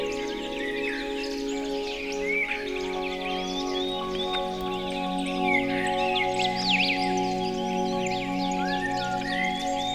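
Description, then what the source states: Several birds sing in overlapping bright chirps and trills, set against a soft, continuous music drone. Birdsong mixed with music.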